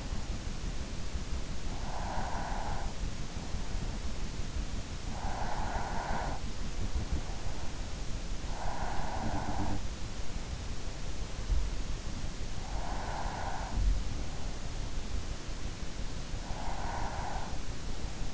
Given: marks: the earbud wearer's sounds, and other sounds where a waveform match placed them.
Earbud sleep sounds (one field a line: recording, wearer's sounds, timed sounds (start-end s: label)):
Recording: sounds in sleep by an in-ear microphone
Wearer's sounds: breath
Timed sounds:
1.82-2.96 s: breath
5.02-6.74 s: breath
8.39-9.93 s: breath
12.45-14.22 s: breath
16.45-17.82 s: breath